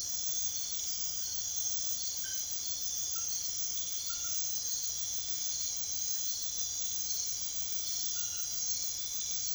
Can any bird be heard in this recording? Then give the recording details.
no. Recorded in secondary vegetation near Puerto Asís, Putumayo, Colombia, on 22 June 2025 at 23:30. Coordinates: 0.500, -76.326. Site GP08